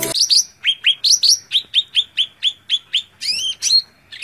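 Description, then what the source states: Greater green leafbird song: a rapid series of short chirps, ending in higher rising whistled notes. Tutor song (masteran) for training other birds of the same kind.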